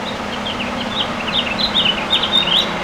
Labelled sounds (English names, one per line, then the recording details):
House Finch song
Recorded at Patchogue on Long Island, New York, on 21 June 2013
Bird G